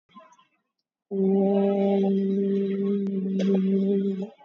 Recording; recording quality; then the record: sustained vowel as in boot; moderate, slight background noise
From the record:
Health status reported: COVID-19 positive, moderate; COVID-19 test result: positive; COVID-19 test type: RT-PCR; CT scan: taken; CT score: 6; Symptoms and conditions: cough, cold, fever, muscle pain, loss of smell and taste, diarrhoea, hypertension, diabetes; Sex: male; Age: 67 years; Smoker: no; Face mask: worn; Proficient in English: yes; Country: India